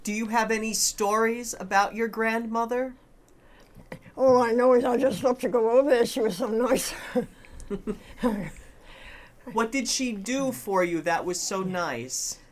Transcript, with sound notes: Do you have any stories about your grandmother?
All I know is that I just loved to go over there. She was so nice. (she laughs)
What did she do for you that was so nice?